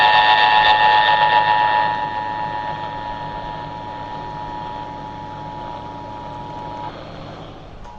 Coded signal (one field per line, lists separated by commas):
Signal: Emergency Alert System (SAME) tones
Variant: 853 and 960 Hz attention tone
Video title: Tennessee Required Monthly Tests (EAS #1201-1202)